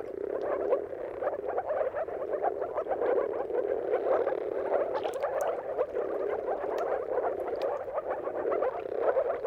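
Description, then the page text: Chorus of moor frogs: low, muffled bubbling calls run throughout, with a few sharp clicks above. Chorus of many moor frogs giving mating calls at sunrise at the turn of March and April, its timing depending on the weather. "Dawn’s Chorus: Mating Calls of Marsh Frogs at Sunrise. Depending on the weather at the turn of March and April, you can witness an amazing spectacle of moor frogs. Jakub-Orzecki moor frogs"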